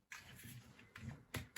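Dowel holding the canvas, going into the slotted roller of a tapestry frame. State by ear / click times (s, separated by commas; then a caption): seated / 1.4 s. The dowel holding a stitching canvas, laid past the gap in the slotted roller of a rotating tapestry frame, is pushed into the roller's channel with some short knocks and rustling handling sounds. It clicks in at 1.4 s, followed by one more brief knock, and the dowel sits tucked in nice and firmly.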